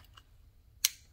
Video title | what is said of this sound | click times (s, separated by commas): Viewer Submission: A Sampling of Conklin Pens | have it in a few different colors they have a snap cap that snaps well hear that i'm | 0.9 s